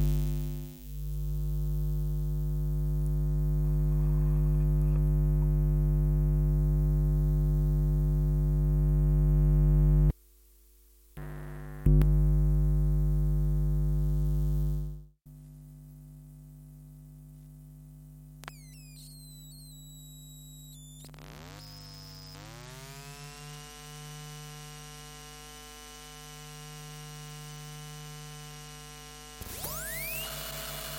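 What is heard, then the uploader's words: Electromagnetic fields picked up by induction coil: a loud, steady low hum drops out around ten and fifteen seconds, then faint tones sweep and settle. Electromagnetic fields : collection of ten recordings made using induction coils. Recorded at home using a pair of phone pickup coils (modified by Jez riley French) connected to the microphone input of Sony PCM D50 recorder. Washing machine programmer.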